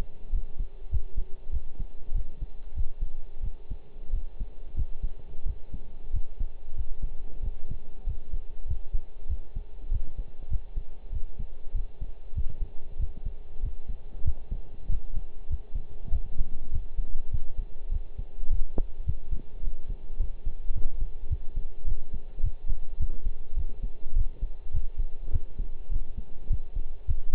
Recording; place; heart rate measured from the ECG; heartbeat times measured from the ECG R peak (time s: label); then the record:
heart sounds by stethoscope; between the tricuspid and mitral areas; 99 bpm
0.32 s: heartbeat
0.92 s: heartbeat
1.52 s: heartbeat
2.14 s: heartbeat
2.76 s: heartbeat
3.43 s: heartbeat
4.13 s: heartbeat
4.77 s: heartbeat
5.46 s: heartbeat
6.13 s: heartbeat
6.76 s: heartbeat
7.43 s: heartbeat
8.06 s: heartbeat
8.68 s: heartbeat
9.29 s: heartbeat
9.91 s: heartbeat
10.51 s: heartbeat
11.12 s: heartbeat
11.74 s: heartbeat
12.36 s: heartbeat
12.99 s: heartbeat
13.63 s: heartbeat
14.25 s: heartbeat
14.89 s: heartbeat
15.50 s: heartbeat
16.12 s: heartbeat
16.72 s: heartbeat
17.32 s: heartbeat
17.91 s: heartbeat
18.50 s: heartbeat
19.07 s: heartbeat
19.63 s: heartbeat
20.19 s: heartbeat
20.74 s: heartbeat
21.30 s: heartbeat
21.87 s: heartbeat
22.43 s: heartbeat
23.00 s: heartbeat
23.56 s: heartbeat
24.16 s: heartbeat
24.74 s: heartbeat
25.33 s: heartbeat
25.91 s: heartbeat
26.50 s: heartbeat
27.08 s: heartbeat
From the record:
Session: pedaling a stationary bicycle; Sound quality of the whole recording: partially saturated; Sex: male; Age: 23 years